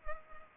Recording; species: mosquito wingbeat signal from an infrared sensor; Culex pipiens